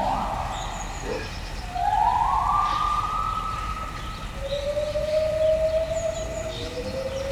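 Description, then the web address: White-handed gibbon song: long whistled notes, the first climbing and then holding steady, then a lower drawn-out note that rises gently, over steady background noise. Captive white-handed gibbons at a zoo in Debrecen, recorded in 2012, heard from both the left and the right. "debrecenizoo 2012 premium feherkezugibbon"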